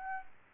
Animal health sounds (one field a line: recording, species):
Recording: mosquito wingbeat signal from an infrared sensor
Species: Aedes aegypti